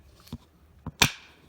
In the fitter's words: and you want to hear that clicking noise the hearing that clicking noise is a good thing so you want to make sure that's